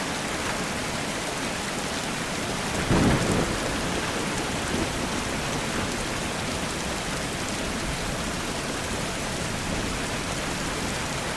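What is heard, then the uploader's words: Steady rain patters evenly across the whole clip, a dense, unbroken hiss of fine drops. Around the three-second mark a brief, louder low burst stands out, like a short rumble of thunder, and then the rain settles back to its even level. The gentle pitter-patter of rain as well as the deep rumble of thunder in a dark sky.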